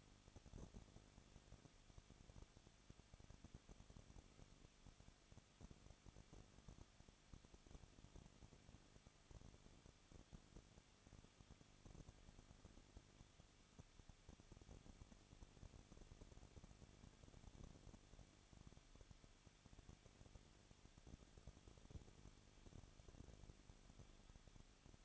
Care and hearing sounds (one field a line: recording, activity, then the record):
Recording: daily activity, microphone in the room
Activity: no activity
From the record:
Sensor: 4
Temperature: 23.0 degrees Celsius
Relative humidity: 34.2%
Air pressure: 1007.2 hPa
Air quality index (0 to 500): 213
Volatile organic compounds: 14 ppm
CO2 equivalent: 2457 ppm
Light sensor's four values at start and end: 2/3/1/1 and 2/3/1/1